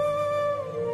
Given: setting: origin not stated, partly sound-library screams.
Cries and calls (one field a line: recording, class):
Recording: one-second piece from a danger detection set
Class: normal situation